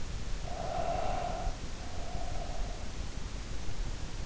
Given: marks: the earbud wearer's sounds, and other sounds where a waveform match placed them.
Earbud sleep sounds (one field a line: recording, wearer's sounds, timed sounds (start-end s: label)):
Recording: sounds in sleep by an in-ear microphone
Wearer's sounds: breath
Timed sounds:
0.43-3.29 s: breath